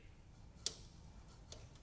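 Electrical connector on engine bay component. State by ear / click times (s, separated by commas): released / 0.7 s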